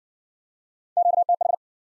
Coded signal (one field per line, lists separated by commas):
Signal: Morse code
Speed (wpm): 52 wpm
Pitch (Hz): 700 Hz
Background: none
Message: QTH